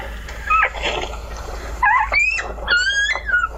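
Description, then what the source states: Gray wolf pup whining, thin high whimpers rising and falling in short bursts. Newborn pup, the first born of a litter of four, whining.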